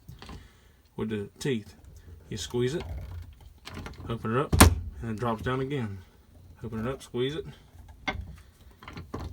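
A hand pop-rivet tool is squeezed and opened repeatedly on a rivet set in a hole in a floor panel's sheet metal, while converting a 1960s/70s car from column shift to floor shift. Someone talks throughout, with small clicks from the tool between the words. The mandrel has not snapped off and nothing has seated yet.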